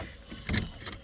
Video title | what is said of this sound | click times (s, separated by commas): Nissan qashqai J10 drive seat belt latch replacement | It's not latching, it's worn out. | none